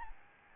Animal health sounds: mosquito wingbeat signal from an infrared sensor; Aedes albopictus

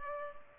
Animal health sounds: mosquito wingbeat signal from an infrared sensor; Culex pipiens

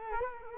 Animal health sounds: mosquito wingbeat signal from an infrared sensor; Culex quinquefasciatus

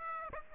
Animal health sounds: mosquito wingbeat signal from an infrared sensor; Aedes aegypti

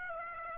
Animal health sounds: mosquito wingbeat signal from an infrared sensor; Aedes aegypti

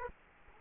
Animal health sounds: mosquito wingbeat signal from an infrared sensor; Culex quinquefasciatus

